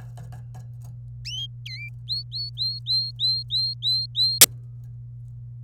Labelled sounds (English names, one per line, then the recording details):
Domestic Canary song
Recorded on 26 April 2018 at 16:38
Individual llb3